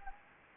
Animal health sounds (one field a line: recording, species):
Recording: mosquito wingbeat signal from an infrared sensor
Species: Anopheles gambiae